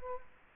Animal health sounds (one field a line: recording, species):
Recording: mosquito wingbeat signal from an infrared sensor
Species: Culex quinquefasciatus